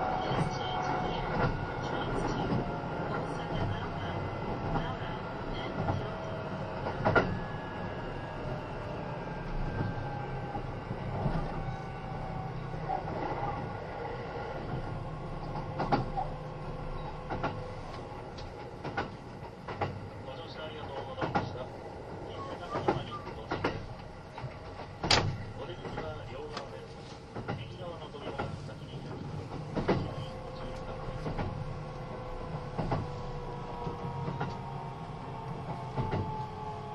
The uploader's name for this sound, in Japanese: 近鉄80000系 (10番台日立製)ひのとり3113レ 01/01:近鉄名古屋～五十鈴川